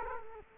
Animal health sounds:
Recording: mosquito wingbeat signal from an infrared sensor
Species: Culex quinquefasciatus

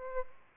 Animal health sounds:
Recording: mosquito wingbeat signal from an infrared sensor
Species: Aedes albopictus

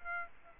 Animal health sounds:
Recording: mosquito wingbeat signal from an infrared sensor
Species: Aedes aegypti

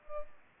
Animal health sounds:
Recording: mosquito wingbeat signal from an infrared sensor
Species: Culex pipiens

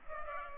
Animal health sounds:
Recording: mosquito wingbeat signal from an infrared sensor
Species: Culex pipiens

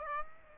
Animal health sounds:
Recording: mosquito wingbeat signal from an infrared sensor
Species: Aedes aegypti

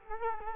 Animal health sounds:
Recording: mosquito wingbeat signal from an infrared sensor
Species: Culex quinquefasciatus

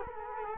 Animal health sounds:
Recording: mosquito wingbeat signal from an infrared sensor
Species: Culex quinquefasciatus

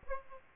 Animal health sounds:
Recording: mosquito wingbeat signal from an infrared sensor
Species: Aedes aegypti

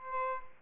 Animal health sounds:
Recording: mosquito wingbeat signal from an infrared sensor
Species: Aedes albopictus

